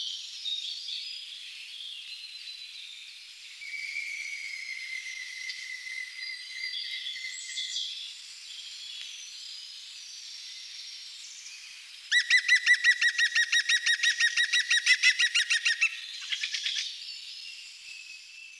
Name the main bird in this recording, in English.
European Green Woodpecker